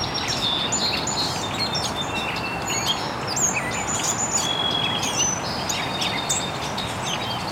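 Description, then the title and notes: Bird chirps: thin, high whistled notes and brief tweets, set against constant hissing background noise. Recorded very early in the morning in an estuary. "Birds Chirping in the Early Morning. Original sounds of birds chirping very early in the morning in an estuary"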